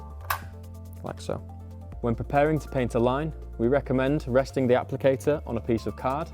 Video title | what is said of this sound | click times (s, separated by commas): The New Easyline applicator 2 from Rocol - Instructional Video | the right position until you hear a click like | 0.3 s